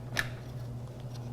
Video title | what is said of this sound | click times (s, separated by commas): How To Build A Gaming PC Computer - July 2014 - GoPro | and you've got to get it properly aligned and when you push it on you should hear it click | 0.2 s